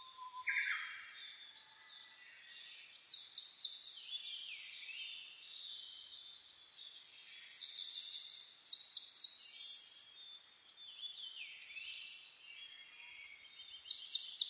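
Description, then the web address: Birds in chorus, a low whistled note opening, then repeated bright trilled bursts every few seconds over a steady background of softer song. Dawn chorus (reimei) recorded on 10 May 2010. "sounds data 2010 reimei DH-D 50-saezuri-20100510-0401"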